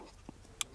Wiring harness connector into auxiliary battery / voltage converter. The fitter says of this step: that connector in pop it in place you hear a nice audible click you know you're good to go